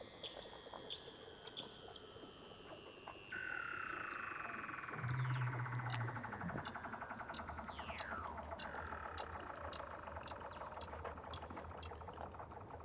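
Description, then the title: Weddell seal calls: pulsed trilling throughout, with a sudden steady whistle, a brief low hum and a swooping downward glide. Recorded underwater. "Weddell Seals (Underwater)"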